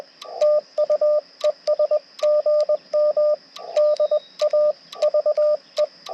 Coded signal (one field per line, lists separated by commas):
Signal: Morse code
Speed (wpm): 20 wpm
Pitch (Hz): 600 Hz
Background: radio noise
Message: TU ES GM DAVE